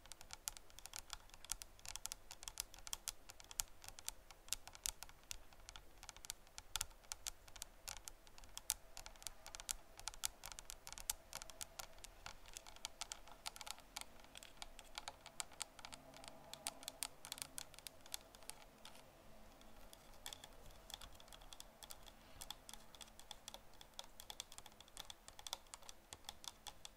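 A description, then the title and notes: Rapid tapping on a camera lens, a dense run of small sharp clicks that continues without pause for the whole stretch. The taps come quick and uneven, like typing, thinning slightly after about twenty seconds, over a low steady hum underneath. ASMR Camera Lens Tapping (No Talking).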